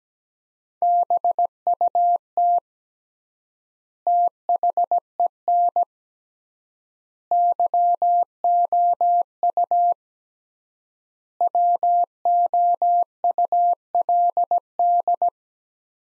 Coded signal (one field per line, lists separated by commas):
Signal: Morse code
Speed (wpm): 17 wpm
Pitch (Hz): 700 Hz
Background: none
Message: BUT THEN YOU WOULD